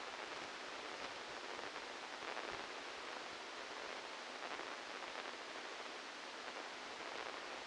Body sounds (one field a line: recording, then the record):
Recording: brain microelectrode recording played as sound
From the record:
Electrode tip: outside the subthalamic nucleus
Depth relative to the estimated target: -3 mm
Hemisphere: left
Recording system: NeuroSet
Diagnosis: Parkinson's disease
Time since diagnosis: 12 years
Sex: male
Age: 61 years